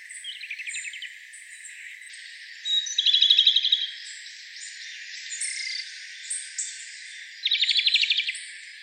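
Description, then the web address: Japanese robin song: three bursts, each a brief lead note then a fast rattling trill, the first fainter, separated by a few seconds. Recorded 9 April 2013. "birdenaga komadori 130409"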